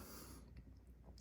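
The UPR catch can hose, routed under the throttle body on a 2026 Jeep Wrangler Rubicon X 3.6 L, has its quick-connect fitting pushed onto the engine vent port. A broadband hiss fills the first 0.4 s, then a short, sharp click rises at 0.6 s over a quiet low rumble. The fitting clicks in and is seated.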